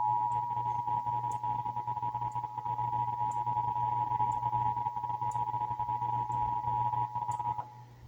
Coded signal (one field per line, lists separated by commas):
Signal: Emergency Alert System (SAME) tones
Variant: 853 and 960 Hz attention tone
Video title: (EAS #889-895) June 2025 Texas Required Monthly Test